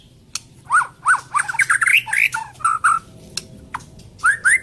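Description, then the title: White-rumped shama song: loud varied phrases of slurred whistles and sharp clicks, rising and falling notes in quick bursts with brief pauses between. Medan-type bird, on a training recording used to teach cage birds to sing. "Suara murai batu medan super"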